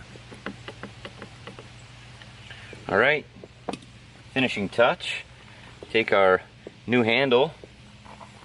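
A new plastic interior door handle for a Hyundai Tiburon is handled before being pressed into the car's door trim, with a few faint ticks early on, a low steady hum, and someone talking in short bursts. Nothing has seated or clicked yet; the clip ends just before the handle snaps into place.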